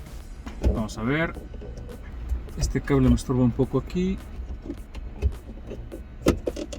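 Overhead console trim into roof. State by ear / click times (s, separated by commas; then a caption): seated / 6.5 s. A plastic overhead console trim part on a Volkswagen Passat B7 NMS is pressed into place in the roof after a cable is tucked away, while someone talks. Soft handling rustles and scattered taps are heard. A sharp click at 6.5 s marks the part seating into the roof.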